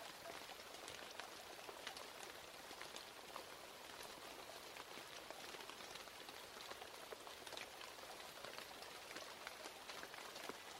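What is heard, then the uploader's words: Steady rain falls throughout, a dense, even hiss concentrated in the upper range with little low rumble. Countless individual drops tick and patter on a surface, with frequent brighter splashes scattered irregularly across the whole stretch. Peaceful Rain Sound, Rain Ambience. Rain soundscapes.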